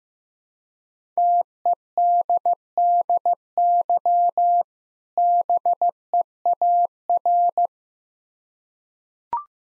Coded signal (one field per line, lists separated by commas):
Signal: Morse code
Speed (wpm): 15 wpm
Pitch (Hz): 700 Hz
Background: none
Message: TEDDY BEAR